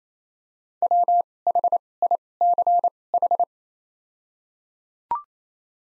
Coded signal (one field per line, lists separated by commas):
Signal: Morse code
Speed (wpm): 28 wpm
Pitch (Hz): 700 Hz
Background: none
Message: W H I C H